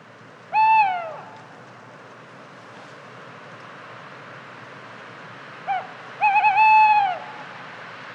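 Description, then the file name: Tawny owl giving harsh, harmonic calls that drop slightly in pitch, one near the start and, near the end, a short note followed by a longer, wavering one, over faint background hiss. "kattugle"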